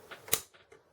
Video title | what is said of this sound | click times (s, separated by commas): Dell Optiplex GX270 How to Change the Motherboard | All right, that's locked in. | 0.3 s